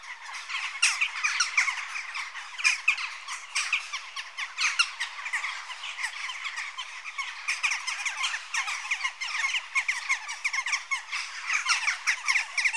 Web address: BBC Sound Effects Library (Birds) Jackdaw (Corvus Monedula) Adults